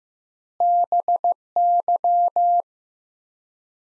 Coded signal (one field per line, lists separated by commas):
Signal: Morse code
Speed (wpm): 15 wpm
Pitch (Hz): 700 Hz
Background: none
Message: BY